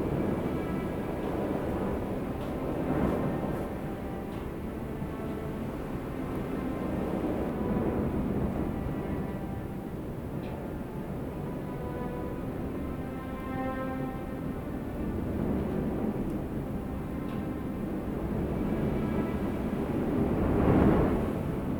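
Fall wind blows in a steady low rush, swelling into gusts around three, eight and twenty-one seconds. Sustained strings hold long, layered notes above it, clearest in the middle stretch, while the whole scene stays dense and fairly even in loudness.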